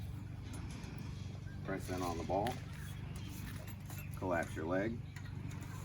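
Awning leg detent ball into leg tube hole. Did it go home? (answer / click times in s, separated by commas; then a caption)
no / none. Someone talks while handling a Thule Omnistor awning leg, pressing on the detent ball and collapsing the leg toward the point where the ball goes into the hole in the leg tube, over a steady low background hum. The detent ball has not clicked into the hole yet; nothing has seated.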